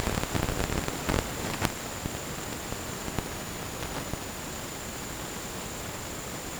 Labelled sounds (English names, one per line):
none